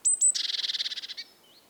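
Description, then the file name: Great tit calling with two piercing high notes, then a rapid scolding churr of many buzzy pulses, ending in a brief soft slurred note. "Parus major"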